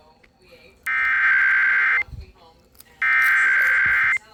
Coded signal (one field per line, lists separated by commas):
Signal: Emergency Alert System (SAME) tones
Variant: header bursts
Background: speech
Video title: Eas Evi on wjon Eas#613